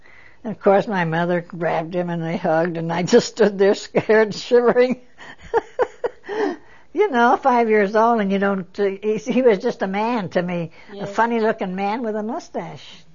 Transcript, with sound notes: Of course, my mother grabbed him and hugged, I just stood there, scared, shivering, (she laughs) you know. Five years old and you don't, he was just a man to me, a funny looking man with a moustache,